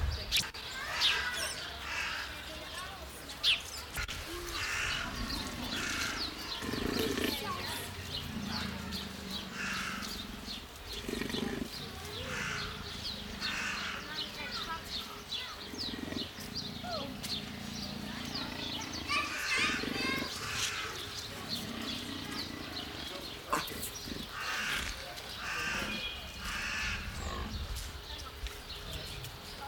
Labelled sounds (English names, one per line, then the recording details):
Leopard
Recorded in captivity
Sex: male
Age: adult
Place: Zoo Berlin, Berlin, DE
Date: 1995-02-25 12:28
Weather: wolkig, 3°C
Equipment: Marantz CP 430, Sennheiser ME 80, Kopie Uher Variocord 263
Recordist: Tembrock, Günter